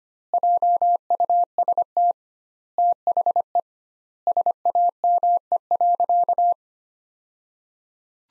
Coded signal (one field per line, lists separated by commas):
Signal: Morse code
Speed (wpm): 25 wpm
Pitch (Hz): 700 Hz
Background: none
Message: JUST THE SAME.